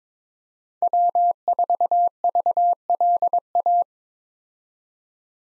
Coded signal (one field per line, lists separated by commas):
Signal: Morse code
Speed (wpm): 21 wpm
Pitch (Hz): 700 Hz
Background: none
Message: W4VLA